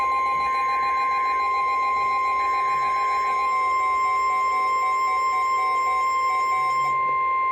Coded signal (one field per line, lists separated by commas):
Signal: Emergency Alert System (SAME) tones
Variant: 1050 Hz attention tone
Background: music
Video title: EAS 2437-2441 (Five Header)